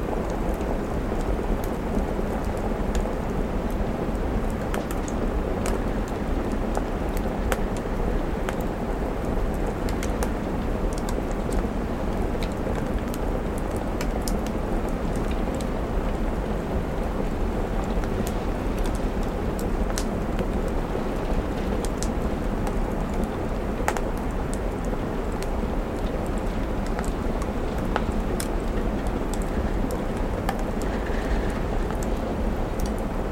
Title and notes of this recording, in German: Gemütlicher Kamin | Herbstregen am Fenster. Knisternden Kamins und sanften Herbstregens und Wind, der leise ans Fenster schlägt